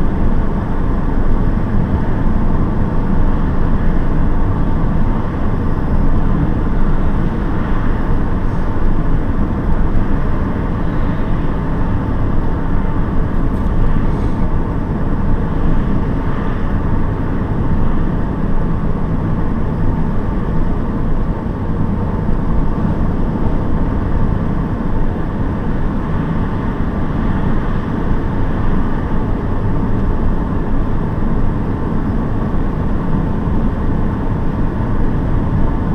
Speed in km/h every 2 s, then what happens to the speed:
73, 73, 73, 72, 72, 70, 69, 69, 67, 66, 66, 65, 67, 67, 68, 69, 69, 70.
0-36 steady at about 69.